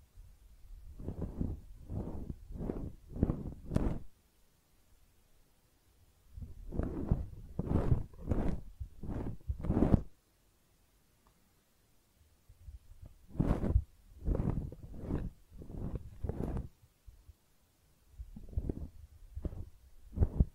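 Ear cleaning heard close up: bursts of soft, muffled rubbing and scratching strokes, each lasting about a second. The strokes come in rhythmic groups of four to six with short silent pauses between groups, and the quiet gaps are nearly empty.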